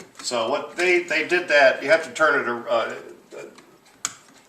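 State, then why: Seated. Someone talks while turning the reel holder on an Akai GX 635D tape deck one way so its four dents line up, letting it drop onto the reel table and lock down so it seats fully and the tape won't scrape on the reel. A sharp, loud click at 4.1 s marks the hub seating and locking down.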